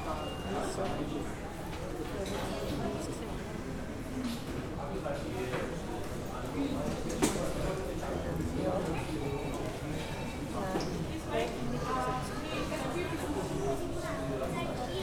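Ambient noise at a Vienna Airport boarding area, a steady murmur of many overlapping voices with no single speaker standing out. The level stays even throughout, with scattered brief clicks and knocks, including a sharper tap around seven seconds.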